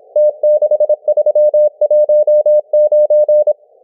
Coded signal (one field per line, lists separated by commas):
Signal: Morse code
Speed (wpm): 26 wpm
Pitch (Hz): 600 Hz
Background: none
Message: T6319